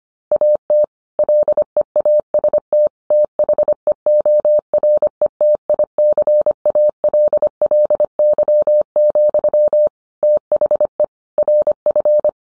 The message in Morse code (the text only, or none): AT LEAST THEORETICALLY, THE RF